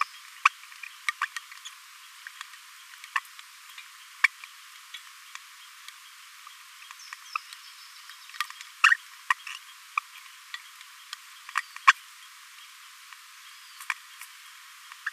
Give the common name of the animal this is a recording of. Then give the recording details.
Green-rumped Parrotlet. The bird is a male. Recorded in a nest box in Venezuela. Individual 17B42A3